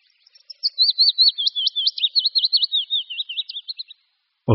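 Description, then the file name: Willow warbler song phrase of liquid notes gradually falling in pitch, ending with a brief low thump. "Budníček-větší"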